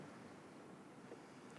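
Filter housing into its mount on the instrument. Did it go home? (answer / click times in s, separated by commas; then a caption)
no / none. A filter housing is being slotted back into its mount on the instrument after the filter element was fitted by matching its teeth. Only steady broadband noise is heard, with no distinct click. Nothing has seated or clicked yet.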